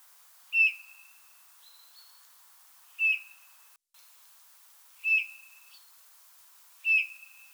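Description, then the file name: Eurasian bullfinch giving four soft, slightly descending piping whistles about two seconds apart, with faint higher thin tones in between. "Pyrrhula pyrrhula"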